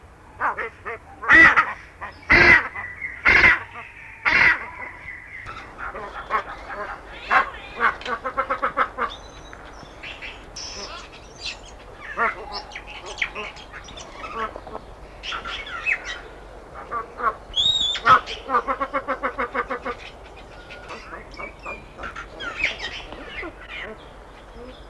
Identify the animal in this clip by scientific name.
Crossoptilon auritum